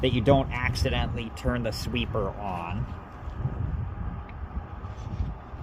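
A battery pack is handled and lined up at a Black and Decker LSW221 cordless hard surface sweeper before being pushed home, while someone talks over low background noise. Nothing has seated or clicked yet.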